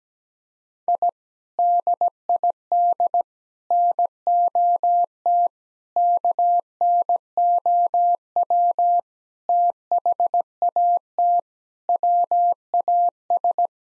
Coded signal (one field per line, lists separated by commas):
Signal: Morse code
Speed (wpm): 17 wpm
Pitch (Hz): 700 Hz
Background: none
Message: I DID NOT KNOW THAT WAS